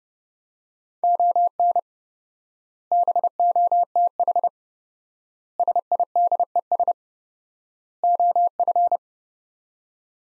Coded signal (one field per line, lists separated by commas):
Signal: Morse code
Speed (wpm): 30 wpm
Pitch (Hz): 700 Hz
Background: none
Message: ON BOTH SIDES OF